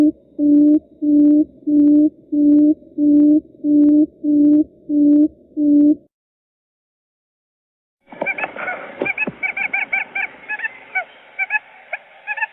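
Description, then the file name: Owl hooting: a steady series of low, hollow, even-pitched notes, about three every two seconds, then a pause and a burst of harsh, chattering, overlapping calls. "tieng cut rung keu"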